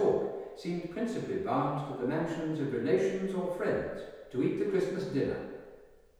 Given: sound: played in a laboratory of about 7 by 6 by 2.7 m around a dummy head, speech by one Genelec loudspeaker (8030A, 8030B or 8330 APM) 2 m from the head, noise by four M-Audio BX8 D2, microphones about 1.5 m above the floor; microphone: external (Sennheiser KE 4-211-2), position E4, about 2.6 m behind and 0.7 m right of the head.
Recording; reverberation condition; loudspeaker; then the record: male speech in English; high; 60 degrees to the left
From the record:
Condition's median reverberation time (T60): about 1300 ms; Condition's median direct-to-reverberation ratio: about -4.0 dB